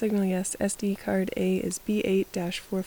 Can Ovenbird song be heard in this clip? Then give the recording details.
no. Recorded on 2 June 2016 at 13:07. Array SBT-3-7